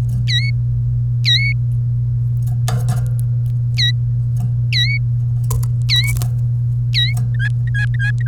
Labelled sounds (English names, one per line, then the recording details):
Domestic Canary song
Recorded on 1 May 2018 at 15:21
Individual llb3